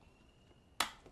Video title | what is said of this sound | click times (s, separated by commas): 22 kilo മാത്രം ഉള്ള ഞാൻ 120 കിലോ ചുമന്ന് 15 kilometre ഓടും.....Esleh Travel Electric Wheelchair | just നമ്മൾ ആ ലോക്ക് അൺലോക്ക് | 0.8 s